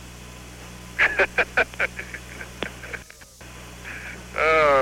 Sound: laughter